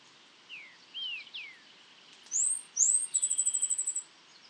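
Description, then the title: São Francisco sparrow song of two high upslurred whistles and a quick bright trill, after softer lower slurred notes, over a steady background hiss. "LuckyPassaro Completos2Sama. Sao Francisco Sparrow (Arremon franciscanus)"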